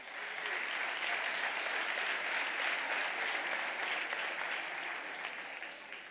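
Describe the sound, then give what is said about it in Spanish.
An audience at a gala applauds two representatives from Úbeda, clapping steadily in a dense crackling wash of many hands that holds an even, fairly loud level for about six seconds before easing slightly at the end. “a las cuales aplaudimos ya precisamente.”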